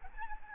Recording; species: mosquito wingbeat signal from an infrared sensor; Aedes albopictus